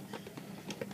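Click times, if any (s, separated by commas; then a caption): none. A plastic part of a Buster Machine CB-01 DX Go-Buster Ace transforming toy robot is pushed to snap it into place, making a series of light plastic taps and clacks around 0.1, 0.4, 0.7, 0.8 and 0.9 seconds over a steady low hum. The part has not snapped into place, and nothing has seated or clicked yet.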